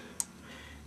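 The memory cage lever of an Apple iMac is rolled back into the computer's memory bay after a RAM upgrade. A single sharp, bright click sounds at 0.2 s over a low, steady background hum. The lever is seated back in place.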